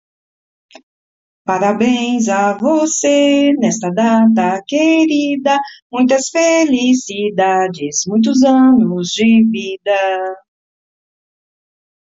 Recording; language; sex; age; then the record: short text; Brazilian Portuguese; female; 40 to 49 years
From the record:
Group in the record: control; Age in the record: 41 years